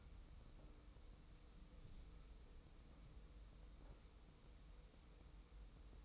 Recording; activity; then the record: daily activity, microphone in the room; wipe stove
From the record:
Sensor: 1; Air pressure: 990.5 hPa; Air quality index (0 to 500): 172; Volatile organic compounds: 1000 ppm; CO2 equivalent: 6304 ppm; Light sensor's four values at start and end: 32/73/31/34 and 32/74/31/34